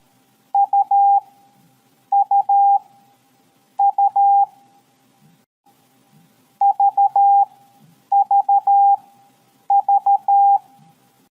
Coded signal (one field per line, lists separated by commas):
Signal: Morse code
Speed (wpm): 13 wpm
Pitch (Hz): 800 Hz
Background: none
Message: UUU VVV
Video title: 1. LEARN MORSE CODE with FUN (2025 Update)!